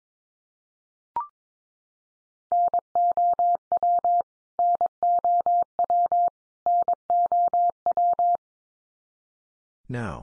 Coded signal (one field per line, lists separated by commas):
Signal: Morse code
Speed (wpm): 22 wpm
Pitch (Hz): 700 Hz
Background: none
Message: NOW NOW NOW